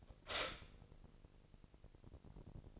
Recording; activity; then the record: daily activity, microphone in the room; stop toaster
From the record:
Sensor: 5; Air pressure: 1007.3 hPa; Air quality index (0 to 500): 127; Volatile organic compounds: 1 ppm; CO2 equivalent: 969 ppm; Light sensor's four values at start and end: 25/57/23/23 and 25/57/23/23